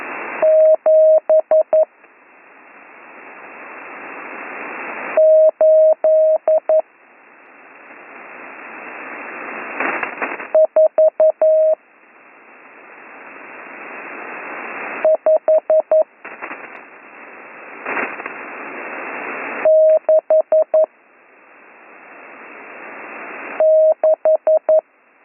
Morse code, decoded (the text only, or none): 7 8 4 5 6 6